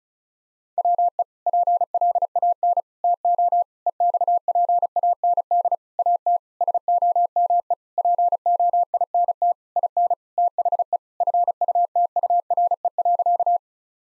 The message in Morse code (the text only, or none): WE PLAN TO EXPAND AT SOME POINT IN THE FUTURE.